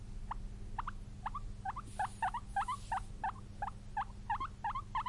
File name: cute guinea pig